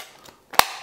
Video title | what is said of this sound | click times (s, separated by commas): Hahnel Creative Lantern Kit Module : Le TEST ! | vient vraiment ce clip c'est vraiment à l'intérieur hop | 0.6 s